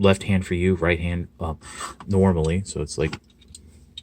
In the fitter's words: and you just peg it in there it will snap into place detented ratchets